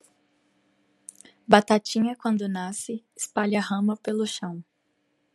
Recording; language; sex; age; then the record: short text; Brazilian Portuguese; female; 20 to 29 years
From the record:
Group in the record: control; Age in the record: 25 years